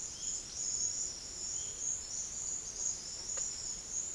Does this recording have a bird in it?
no